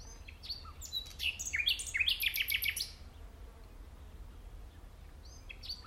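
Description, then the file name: Common nightingale giving one rich phrase of mixed whistles and rapid, rattling notes, followed by near silence and a few faint notes. "Luscinia megarhynchos"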